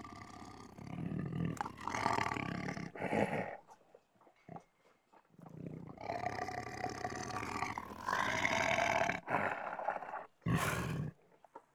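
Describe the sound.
Tiger growling in repeated harsh, rasping bursts with brief pauses between them, some louder snarling phrases in the second half.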